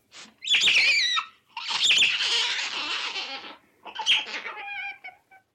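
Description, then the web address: Otter chirps and squeaks, harsh twittering bursts in three bouts, the last ending in thin squeaky notes. "animal otter"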